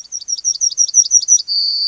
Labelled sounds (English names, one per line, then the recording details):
Yellowhammer song
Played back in grassland
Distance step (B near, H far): B
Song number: 152